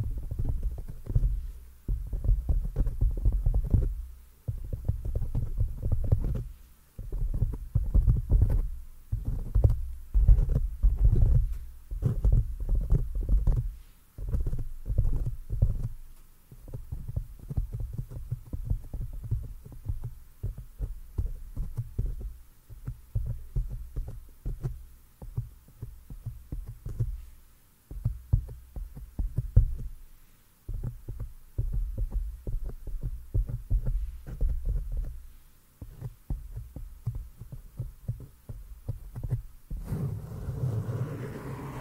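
Soft, muffled thumps and brushing from hands moving over and touching a microphone, mostly low and dull. The touches come in dense, irregular clusters with brief pauses throughout, and a steady faint hiss sits underneath. Near the end a louder rubbing swell rises.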